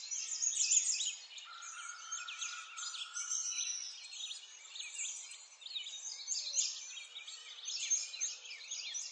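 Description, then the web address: Birds twittering in a continuous high chorus of short chirps, with a long level whistled tone beneath them early on. Forest ambience. "Lynne Music Nature-Ambience-Birds-In-A-Forest"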